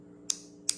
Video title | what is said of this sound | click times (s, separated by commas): Project POORcha - Episode 4 - 1986 Porsche 944 Turbo | kind of a predetermined amount of force that you apply it clicks so you press until it clicks | 0.3 s, 0.7 s